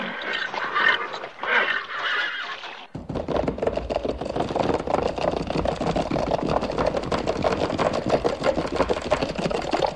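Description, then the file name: Horse whinny: a quavering neigh over the first three seconds, followed by a steady, dense clattering noise. "animal sounds -horse"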